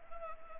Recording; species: mosquito wingbeat signal from an infrared sensor; Anopheles gambiae